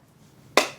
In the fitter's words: and bronze four mattes two shimmers plus the mascara as you know and it clicks shut